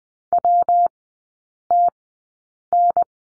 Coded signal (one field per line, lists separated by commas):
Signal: Morse code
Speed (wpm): 20 wpm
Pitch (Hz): 700 Hz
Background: none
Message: WTN